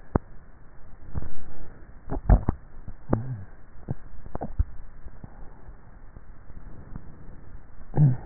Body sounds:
swallowing sounds by neck microphone; 2
1.95-2.82 s: swallow
4.28-5.02 s: swallow
From the record:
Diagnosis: dysphagia

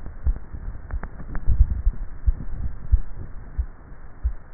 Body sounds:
swallowing sounds by neck microphone; 2
1.45-2.18 s: swallow
2.35-3.05 s: swallow
From the record:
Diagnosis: dysphagia

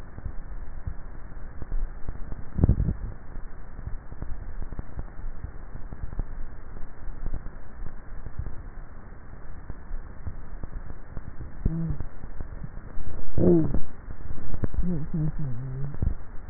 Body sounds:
swallowing sounds by neck microphone; 1
2.08-3.00 s: swallow
From the record:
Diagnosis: dysphagia

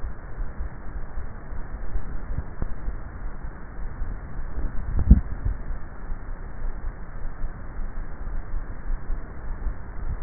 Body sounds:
swallowing sounds by neck microphone; 1
4.58-5.98 s: swallow
From the record:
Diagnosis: dysphagia

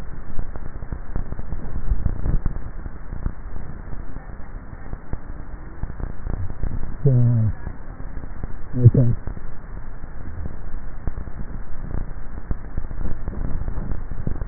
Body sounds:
swallowing sounds by neck microphone; 1
1.78-2.65 s: swallow
From the record:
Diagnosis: dysphagia

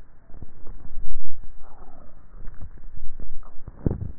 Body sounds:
swallowing sounds by neck microphone; 1
2.38-3.35 s: swallow
From the record:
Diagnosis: dysphagia

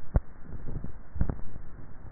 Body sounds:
swallowing sounds by neck microphone; 1
0.64-1.34 s: swallow
From the record:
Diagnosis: dysphagia

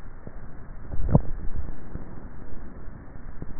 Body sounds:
swallowing sounds by neck microphone; 1
0.78-1.38 s: swallow
From the record:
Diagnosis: dysphagia

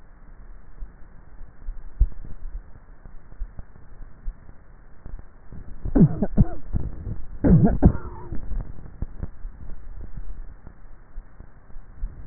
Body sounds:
swallowing sounds by neck microphone; 2
1.82-2.65 s: swallow
9.82-10.45 s: swallow
From the record:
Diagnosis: dysphagia

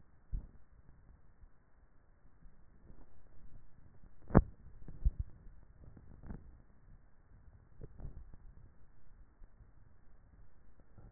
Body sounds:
swallowing sounds by neck microphone; 2
4.97-5.57 s: swallow
7.90-8.87 s: swallow
From the record:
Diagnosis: dysphagia

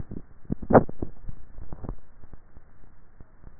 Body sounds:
swallowing sounds by neck microphone; 1
1.08-1.92 s: swallow
From the record:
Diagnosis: dysphagia

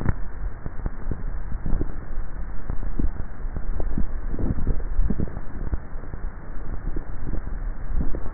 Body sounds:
swallowing sounds by neck microphone; 1
4.52-5.12 s: swallow
From the record:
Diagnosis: dysphagia

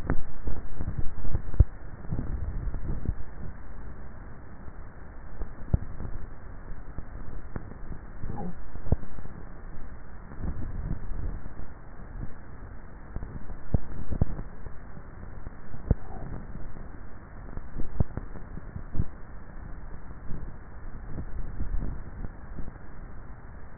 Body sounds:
swallowing sounds by neck microphone; 3
2.25-3.15 s: swallow
10.62-11.48 s: swallow
21.28-22.08 s: swallow
From the record:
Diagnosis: dysphagia

